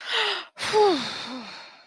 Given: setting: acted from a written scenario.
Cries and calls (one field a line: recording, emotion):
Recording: vocal sound without words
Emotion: relief